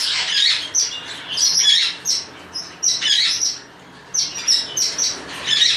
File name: psittacoms couple de perruche port lincoln barnardius zonarius